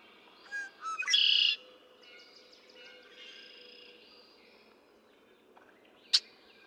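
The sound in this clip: Red-winged blackbird song: short stuttered introductory notes followed by a loud buzzy trill lasting about half a second, with faint chirps from other birds and a sharp click near the end.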